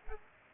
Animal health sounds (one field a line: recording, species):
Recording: mosquito wingbeat signal from an infrared sensor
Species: Aedes aegypti